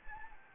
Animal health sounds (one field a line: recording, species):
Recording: mosquito wingbeat signal from an infrared sensor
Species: Anopheles gambiae